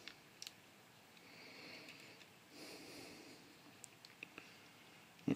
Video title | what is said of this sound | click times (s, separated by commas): Netflix Voltron Metal Defender Lions of Voltron Set Opening and Review | i have no idea why that won't click in use my thing here | none